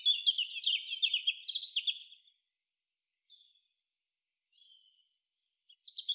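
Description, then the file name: European robin song: a long, busy phrase of trills and high squeaky notes, a few faint notes in the quiet gap, then a new phrase starting at the end. "Erithacus rubecula"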